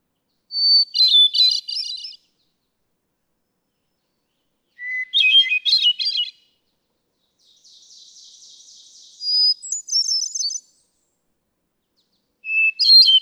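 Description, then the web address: Hermit thrush song phrases, each a clear whistle then a fluty cascade, repeated at varying pitches; a faint buzzy trill sounds briefly between phrases. "birdsongforthecurious songs Hermit Thrush"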